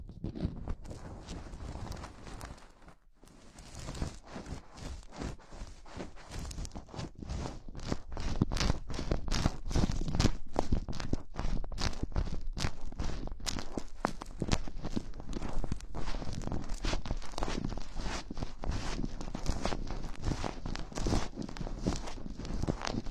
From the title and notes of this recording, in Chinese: 手套 使用6种不同手套为你耳膜按摩。